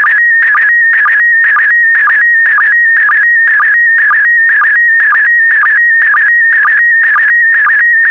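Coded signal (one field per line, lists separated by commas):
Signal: SSTV (slow-scan television)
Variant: PD120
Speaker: Five, four, three, two, one. Transmission complete. You can now check your decoded image against the picture that is shown on the video.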